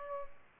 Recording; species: mosquito wingbeat signal from an infrared sensor; Aedes aegypti